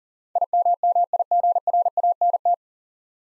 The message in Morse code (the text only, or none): IMMIGRANT